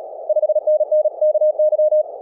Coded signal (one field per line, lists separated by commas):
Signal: Morse code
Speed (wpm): 37 wpm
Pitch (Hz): 620 Hz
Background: none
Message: 5NN KY